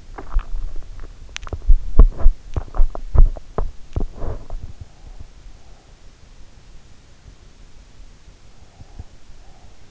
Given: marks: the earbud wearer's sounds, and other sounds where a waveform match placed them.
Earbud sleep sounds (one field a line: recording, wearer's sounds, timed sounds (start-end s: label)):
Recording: sounds in sleep by an in-ear microphone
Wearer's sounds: swallowing, body movement, breath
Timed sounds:
0.00-1.60 s: swallowing
1.88-5.27 s: body movement
8.67-9.80 s: breath